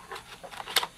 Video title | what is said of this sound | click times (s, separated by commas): Asus Eee PC 1015 Unboxing How to SDHC Card Install .mov | here we go we'll install the uh six cell battery you just slide it in until it clicks | 0.8 s